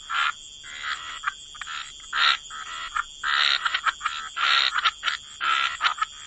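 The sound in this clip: Frog chorus of bursts of raspy croaking and trills, separated by short pauses, overlaid on a steady high hiss.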